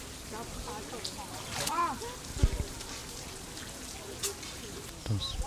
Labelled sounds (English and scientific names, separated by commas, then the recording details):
Southern Rockhopper Penguin (Eudyptes chrysocome) call, Scimitar-horned Oryx (Oryx dammah), Humboldt Penguin (Spheniscus humboldti)
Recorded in captivity
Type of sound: call
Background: Oryx dammah, Spheniscus humboldti
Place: Zoo Berlin, Berlin, DE
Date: 1999-07-20 15:52
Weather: heiter bis Gewitter, 26-28°C
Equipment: Sony WM-D6C, Sennheiser ME 80, Kopie Uher 4000 Report Monitor
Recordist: Tembrock, Günter
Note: 5:54 - 10:04 min)